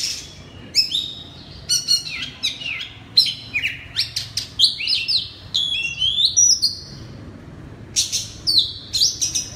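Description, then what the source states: Oriental magpie-robin pouring out a long, busy song of sharp whistles, quick slurs and warbled notes, with one short pause near the end. Loud 'ngeplong' song style of the kacer.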